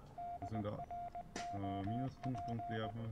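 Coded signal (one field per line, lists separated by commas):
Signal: Morse code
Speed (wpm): 20 wpm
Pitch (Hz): 700 Hz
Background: speech, radio noise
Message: DROP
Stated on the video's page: Morse code puzzle within the PC game Secret World Legends.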